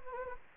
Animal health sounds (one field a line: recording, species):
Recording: mosquito wingbeat signal from an infrared sensor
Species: Anopheles gambiae